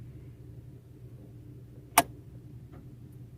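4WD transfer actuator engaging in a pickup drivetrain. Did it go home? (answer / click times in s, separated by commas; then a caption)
yes / 2.0 s. With the clutch fully pressed and 4HI selected on a 2021 Toyota Hilux pickup, the 4WD transfer case or front hub actuator engages with a single sharp clunk at 2.0 s over a steady low rumble. The actuator has locked in.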